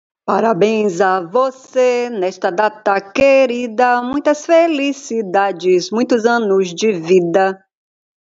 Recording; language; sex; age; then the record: short text; Brazilian Portuguese; female; 50 to 59 years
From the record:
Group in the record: control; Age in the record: 57 years